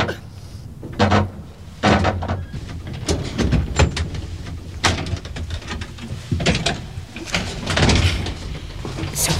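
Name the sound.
door opening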